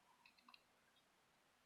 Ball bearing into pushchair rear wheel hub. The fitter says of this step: see I'm making a super big mess here and so this will just pop into place here and